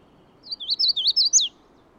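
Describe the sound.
Magnolia warbler delivering one rapid phrase of thin, wavering high notes, several syllables, ending on an emphatic rising and falling slur.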